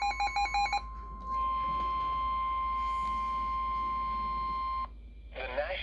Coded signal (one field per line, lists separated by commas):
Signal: Emergency Alert System (SAME) tones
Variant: 1050 Hz attention tone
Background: speech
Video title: EAS #28 Severe Thunderstorm Warning Issued on WXM51 | July 3rd, 2024